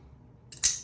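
The button on a Heretic Knives Custom Medusa automatic folding knife is pressed, and its Baker Forge Damascus steel recurve tanto blade fires open as the plunge lock snaps into place in the titanium handle. A light click at 0.5 s is followed by a louder, bright snap at 0.6 s that rings out briefly. The blade is locked open.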